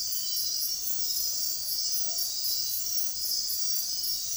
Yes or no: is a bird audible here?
no